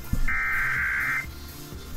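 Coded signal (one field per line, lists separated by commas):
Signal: Emergency Alert System (SAME) tones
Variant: header bursts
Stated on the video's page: Sample EAS tones for a decoding tutorial; encoding can be done with MultiMode Cocoa on Mac or a separate encoder.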